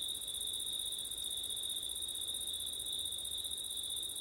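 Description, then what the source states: Crickets producing a steady shrill trilling chorus in two high bands, unchanging across the whole stretch, with faint hiss below. Crickets recorded on a windy September night.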